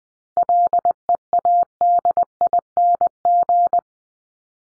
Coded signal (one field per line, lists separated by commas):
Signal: Morse code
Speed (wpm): 20 wpm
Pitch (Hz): 700 Hz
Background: none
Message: LEADING